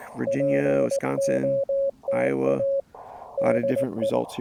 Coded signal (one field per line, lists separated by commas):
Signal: Morse code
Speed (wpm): 19 wpm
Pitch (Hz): 550 Hz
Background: speech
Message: POTA DI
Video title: POTA in CW with subtitles. POTA Pack Mule. *corrected and reposted